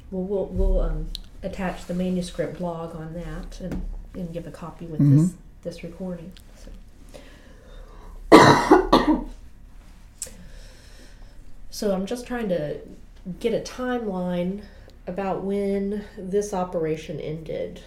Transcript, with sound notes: Well we’ll, we’ll…attach the manuscript log on that and, and give a copy with this recording. (coughs) So, I’m just trying to get a time line about when this operation ended.